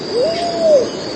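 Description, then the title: Pigeon giving a single soft, pure, hooting note that rises slightly, holds, then falls, lasting under a second against faint background hiss. "Canto Da Pomba"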